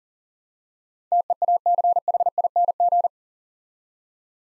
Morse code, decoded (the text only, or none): TEACHING